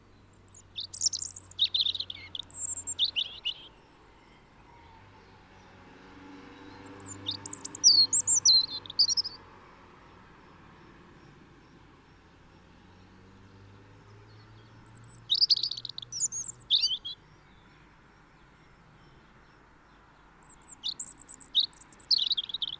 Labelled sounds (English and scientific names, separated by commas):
European Robin (Erithacus rubecula) song